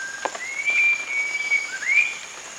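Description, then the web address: Rufous-crowned babbler giving long, clear whistles held level near one pitch, each rising slightly at the start, two in quick succession over a hiss of forest background. Recorded at Danum on 1 March 2008. "DANUM 20080301. rufous-crowned babbler"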